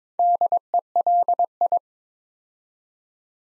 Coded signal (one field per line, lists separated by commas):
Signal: Morse code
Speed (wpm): 22 wpm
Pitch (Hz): 700 Hz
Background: none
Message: DELI